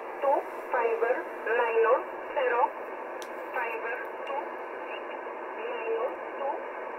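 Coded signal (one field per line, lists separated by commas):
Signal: numbers station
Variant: E11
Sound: short evenly spaced spoken words over SSB radio, fading weaker later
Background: radio static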